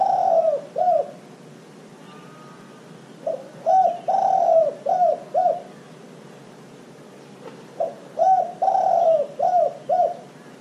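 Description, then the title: Dove song of soft, rounded coos grouped into two main phrases, each with a longer swelling note followed by quick down-slurred coos, with quiet gaps between. "Canto Da Pomba"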